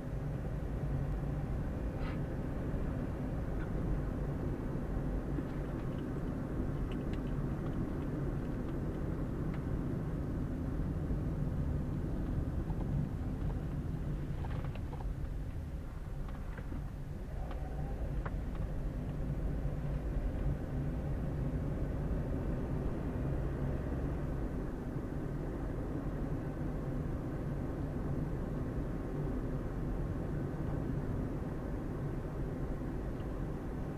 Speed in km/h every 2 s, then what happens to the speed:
23, 29, 33, 33, 32, 28, 23, 14, 12, 18, 24, 29, 32, 33, 33, 32, 32.
0-3 speeds up to 33. 7-16 slows to 12. 16-23 speeds up to 32. 23-34 steady at about 32.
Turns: none.